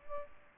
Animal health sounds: mosquito wingbeat signal from an infrared sensor; Aedes aegypti

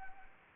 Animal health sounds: mosquito wingbeat signal from an infrared sensor; Anopheles arabiensis

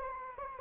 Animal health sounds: mosquito wingbeat signal from an infrared sensor; Anopheles arabiensis

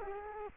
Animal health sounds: mosquito wingbeat signal from an infrared sensor; Culex quinquefasciatus

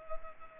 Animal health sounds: mosquito wingbeat signal from an infrared sensor; Culex pipiens

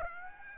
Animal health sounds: mosquito wingbeat signal from an infrared sensor; Aedes aegypti

